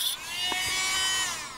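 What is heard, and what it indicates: Steady high-pitched motor whine of a powered tool trimming only the very tip of an alpaca's continuously growing tooth, just part of what protrudes; the root and living part lie far down, so nothing can happen up top.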